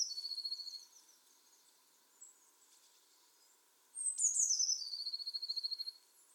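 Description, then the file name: Eurasian blue tit calling: a high thin note sliding down into a buzzy churring trill, once at the start and again after a quiet gap of about three seconds. "Cyanistes caeruleus"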